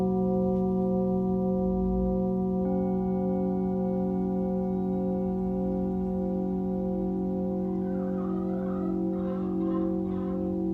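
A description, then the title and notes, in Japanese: A singing bowl rings with a sustained, shimmering drone, its low and middle tones layered and steady throughout. Around the third second a second strike adds brighter overtones with a slow wavering pulse, and near the end soft rubbing or swirling textures rise in the upper range. メキシコから シンギングボウルのサウンドヒーリング ライブ。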